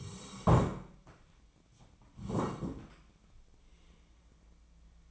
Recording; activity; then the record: daily activity, microphone in the room; sit down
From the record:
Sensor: 1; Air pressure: 1012.3 hPa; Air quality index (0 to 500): 172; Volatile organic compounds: 3 ppm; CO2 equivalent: 1412 ppm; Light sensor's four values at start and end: 45/122/50/61 and 45/122/50/61